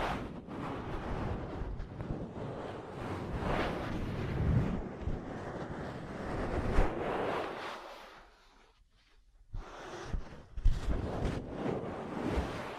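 Ear cleaning, massage, cupping and tapping make a dense, rustling, scratchy noise that swells and fades continuously. A short low thump comes near four and a half seconds. Near nine seconds the sound drops almost to silence, then rubbing and sharp taps resume.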